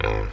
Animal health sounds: contact call of a hoofed animal; wild boar; grunt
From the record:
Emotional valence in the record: positive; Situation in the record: food anticipation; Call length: 0.34 s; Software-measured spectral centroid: 1540 Hz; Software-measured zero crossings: 930 a second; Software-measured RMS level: -24 dBFS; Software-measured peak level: -8 dBFS

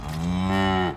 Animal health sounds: contact call of a hoofed animal; cattle; low-frequency (closed-mouth) or high-frequency (open-mouth) call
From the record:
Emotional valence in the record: negative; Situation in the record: full separation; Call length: 0.97 s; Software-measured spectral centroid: 2020 Hz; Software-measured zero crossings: 1450 a second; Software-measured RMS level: -24 dBFS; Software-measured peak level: -11 dBFS

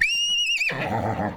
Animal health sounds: contact call of a hoofed animal; horse; whinny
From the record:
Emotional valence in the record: negative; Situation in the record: group separation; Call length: 1.37 s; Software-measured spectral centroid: 2890 Hz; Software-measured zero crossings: 3630 a second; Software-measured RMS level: -24 dBFS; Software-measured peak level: -10 dBFS

